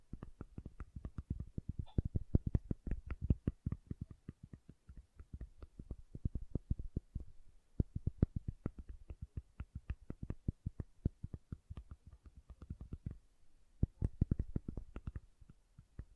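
Soap being tapped and carved, heard as a rapid, dense stream of short clicks and taps that continues through the whole clip with only brief gaps near 7 and 13 seconds. The taps are crisp, with a dull low thud under each, and vary slightly in strength.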